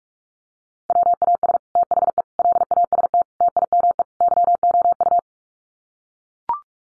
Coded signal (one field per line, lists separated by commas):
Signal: Morse code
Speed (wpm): 44 wpm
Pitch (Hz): 700 Hz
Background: none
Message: WAS THE LAST TIME YOU